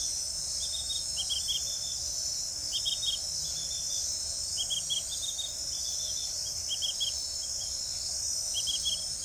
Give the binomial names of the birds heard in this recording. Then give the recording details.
none. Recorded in forest near Pivijay, Magdalena, Colombia, on 4 June 2023 at 21:30. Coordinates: 10.467, -74.380. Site Z5-G034